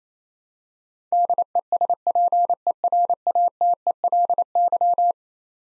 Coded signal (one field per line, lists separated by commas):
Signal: Morse code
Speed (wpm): 27 wpm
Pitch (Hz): 700 Hz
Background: none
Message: DESPERATELY